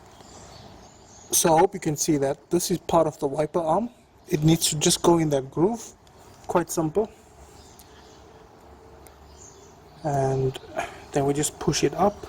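Someone talks while a windshield wiper blade is lined up on the wiper arm hook so the end of the arm sits in its groove, ready to be pushed up. Only faint handling sounds are heard in the quiet stretch between about 6 and 10 seconds. Nothing has seated or clicked yet.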